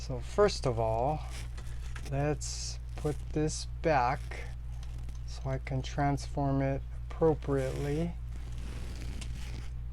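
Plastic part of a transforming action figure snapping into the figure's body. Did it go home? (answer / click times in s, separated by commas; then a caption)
yes / 9.2 s. Someone talks while handling a Transformers Studio Series 86 Arcee action figure, putting it back into its starting configuration. A plastic part is pushed back into position in the figure's body and snaps into place with a short, sharp click at 9.2 seconds, seating it.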